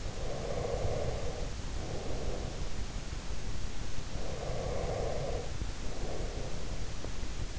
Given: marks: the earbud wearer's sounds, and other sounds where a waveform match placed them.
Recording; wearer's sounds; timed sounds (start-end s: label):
sounds in sleep by an in-ear microphone; breath
0.00-3.11 s: breath
4.15-7.36 s: breath